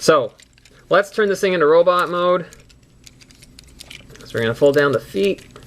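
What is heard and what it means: Someone talks while handling a plastic transforming robot toy, starting its change into robot mode by folding down its feet. Between the speech, a few soft clicks and small handling sounds come from the plastic parts around 3.1 to 4.2 seconds. The feet have not yet seated or clicked into place by the end.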